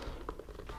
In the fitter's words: Lock कर दो अच्छे से। यहाँ का लॉक हो गया।